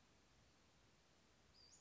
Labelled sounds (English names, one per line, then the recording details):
Western Flycatcher
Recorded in Sonoma County, California